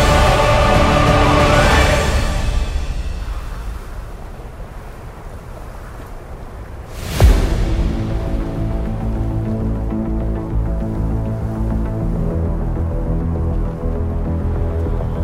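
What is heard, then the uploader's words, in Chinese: Epic music blends with the sound of a snowstorm: a deep rumble and airy gusts, with a rising whoosh near two seconds. After a quieter dip, a sudden impact with a falling sweep hits at seven seconds, then steady layered tones hold to the end. 10首超好聽史詩音樂配合風雪的聲音。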